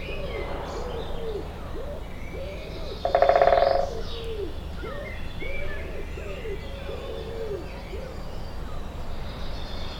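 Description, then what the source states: Woodpecker drumming, a brief loud machine-gun-like roll in the middle, set against repeated soft cooing of doves and faint bird calls. Binaural recording.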